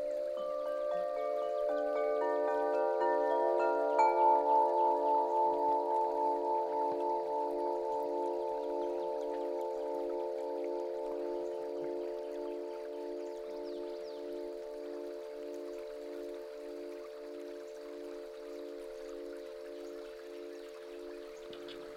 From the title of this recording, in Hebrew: פעמוני קושי ונבל חלומות